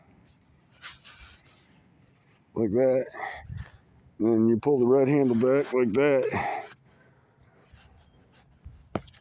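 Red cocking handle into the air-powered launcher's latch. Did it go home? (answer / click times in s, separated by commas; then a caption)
yes / 9.0 s. Someone talks while pulling the red cocking handle back on a homemade air-powered line launcher, with a dog audible in the background. A sharp click at 9.0 s marks the handle latching and locking into place.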